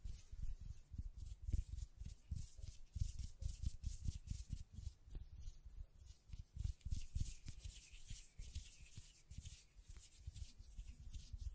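Hands tap, scratch and brush against a microphone in a dense, fast, irregular stream of soft thumps and rubbing strokes that never stops. Deep bumps mix with a bright, hissing scrape over every stroke, steady in level across the whole twelve seconds.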